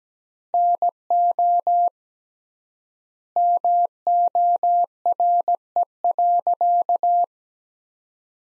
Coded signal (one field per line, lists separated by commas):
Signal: Morse code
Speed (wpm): 17 wpm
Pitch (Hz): 700 Hz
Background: none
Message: NO MORE.